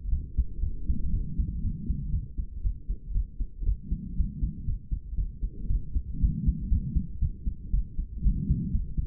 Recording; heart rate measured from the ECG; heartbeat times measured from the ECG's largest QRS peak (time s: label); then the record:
heart sounds by stethoscope; 118 bpm
0.11 s: heartbeat
0.62 s: heartbeat
1.13 s: heartbeat
1.63 s: heartbeat
2.12 s: heartbeat
2.63 s: heartbeat
3.14 s: heartbeat
3.66 s: heartbeat
4.17 s: heartbeat
4.67 s: heartbeat
5.17 s: heartbeat
5.69 s: heartbeat
6.21 s: heartbeat
6.71 s: heartbeat
7.21 s: heartbeat
7.72 s: heartbeat
8.24 s: heartbeat
8.73 s: heartbeat
From the record:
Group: healthy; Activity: rest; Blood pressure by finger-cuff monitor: 131/70 mmHg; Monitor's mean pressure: 88 mmHg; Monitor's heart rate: 119 bpm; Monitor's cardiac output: 10.3 L/min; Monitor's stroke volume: 86 mL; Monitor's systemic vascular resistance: 630 dyn s/cm5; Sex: female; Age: 22 years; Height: 163 cm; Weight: 67.1 kg